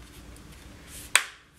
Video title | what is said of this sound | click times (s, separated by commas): Mosiso Macbook Pro Hardcase, Keyboard Cover, and Lacdo Sleeve - Macbook Pro Accessories | Okay, I hear a snap. Okay, that's snap number two. | 1.2 s